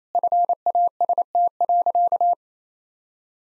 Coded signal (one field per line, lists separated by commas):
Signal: Morse code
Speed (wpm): 28 wpm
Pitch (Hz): 700 Hz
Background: none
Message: FAST.